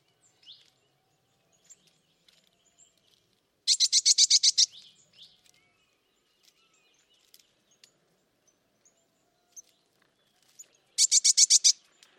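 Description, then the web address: Bird calls: two loud bursts of rapid high pulsed notes, each about a second long, separated by quiet with faint scattered chirps. "Bird Only"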